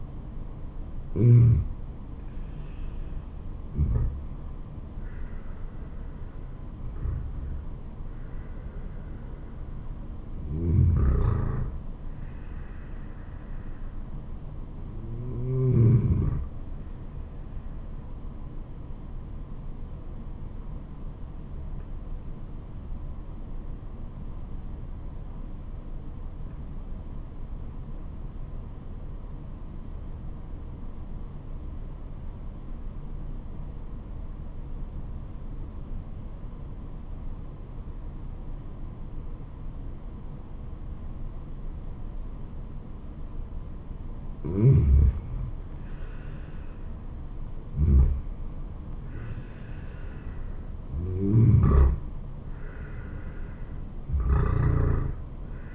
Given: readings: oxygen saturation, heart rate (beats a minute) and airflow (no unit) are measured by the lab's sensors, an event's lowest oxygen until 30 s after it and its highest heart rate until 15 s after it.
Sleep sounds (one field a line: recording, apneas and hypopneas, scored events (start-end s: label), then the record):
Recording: breathing in sleep by a smartphone at the bedside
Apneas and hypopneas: 1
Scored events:
21.00-46.30 s: obstructive apnea (N2, oxygen 96% highest, then 88% lowest, heart rate 73 at the start, 78 highest)
From the record:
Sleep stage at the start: N2 (light sleep)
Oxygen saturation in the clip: 90 to 96%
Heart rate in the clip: 67 to 78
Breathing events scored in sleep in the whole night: 426 in 7.4 hours asleep